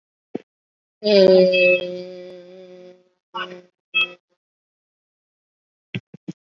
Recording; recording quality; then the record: sustained vowel as in made; excellent, no background noise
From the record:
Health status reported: COVID-19 positive, moderate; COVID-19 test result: positive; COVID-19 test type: RT-PCR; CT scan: taken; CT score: 1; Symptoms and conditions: breathing difficulty, hypertension, diabetes, ischaemic heart disease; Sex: male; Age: 40 years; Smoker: no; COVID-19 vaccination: both doses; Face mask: not worn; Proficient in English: no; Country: India